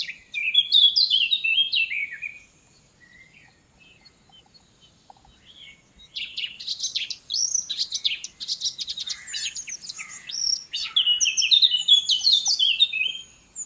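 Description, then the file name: Eurasian blackcap song, a brief descending warble, a near-silent pause, then a long, loud passage of rapid, varied whistled and scratchy notes. "Sylvia atricapilla"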